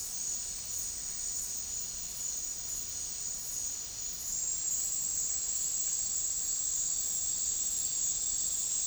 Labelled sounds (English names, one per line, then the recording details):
none
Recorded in dense forest near Puerto Asís, Putumayo, Colombia, on 12 March 2025 at 13:00
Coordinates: 0.484, -76.317
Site G064